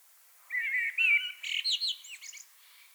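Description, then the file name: Common blackbird song: a mellow, warbled fluting phrase that breaks into a high, squeaky, scratchy twitter, lasting about two seconds. "Turdus merula"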